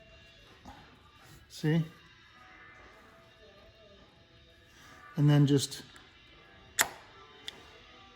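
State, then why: Seated. A 1964-66 Thunderbird power window switch is pushed into its hole in the door panel while someone talks. It seats with a sharp click at 6.8 s, followed by a fainter tick around 7.5 s.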